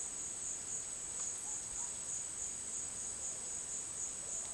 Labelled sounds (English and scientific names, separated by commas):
none